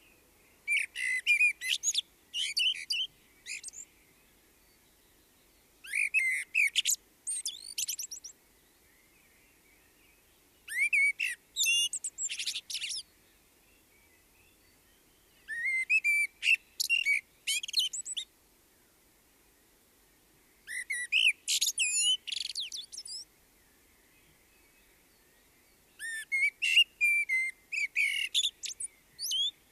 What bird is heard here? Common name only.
Common Blackbird